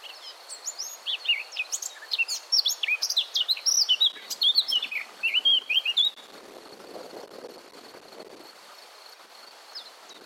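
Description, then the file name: Eurasian blackcap song: a fast run of scratchy warbled notes mixed with clear fluty whistles, lasting about six seconds, then fading to a quiet background with a steady high hum. "Sylvia atricapilla"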